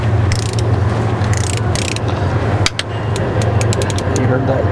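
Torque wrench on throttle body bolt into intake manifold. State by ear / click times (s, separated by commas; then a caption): torque reached / 2.7 s, 2.8 s. On a Ford Crown Victoria, an inch-pound torque wrench set to about eight and a half foot-pounds tightens a throttle body mounting bolt into the aluminium intake manifold over a low hum and light ratcheting. The wrench gives its release click at 2.7 s and 2.8 s, confirming the bolt has reached its torque setting.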